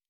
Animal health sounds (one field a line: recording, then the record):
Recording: hydrophone in a shrimp aquaculture tank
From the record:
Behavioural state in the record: normal